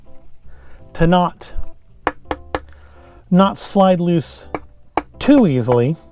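Someone talks while working the thick sliding element in the body of a collectible enamel pin by hand, with a few short, sharp handling taps around 2.1, 2.3 and 2.6 seconds. The slider is handled but not yet home, so nothing has seated or clicked yet.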